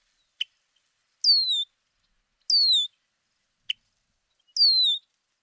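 Red-winged blackbird calls: three drawn-out downslurred whistles with ringing overtones, alternating with single short clicks, every second or so.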